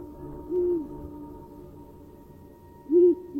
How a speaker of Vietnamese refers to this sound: Lúc này khuôn viên linh thiêng của khu bãi tham ma vắng lặng như tờ, thỉnh thoảng có tiếng con chim cú đi ăn đêm, nó rúc lên từng hồi ghê rợn.